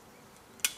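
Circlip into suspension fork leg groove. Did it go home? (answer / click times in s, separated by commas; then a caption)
yes / 0.6 s. A small screwdriver finishes fitting a metal circlip behind the seal in a suspension fork leg. After a quiet lead-in and a faint tick at about 0.6 s, the circlip snaps into its groove with a sharp, bright click at 0.7 s, which fades quickly. The circlip is seated, confirmed by checking all the way round the groove.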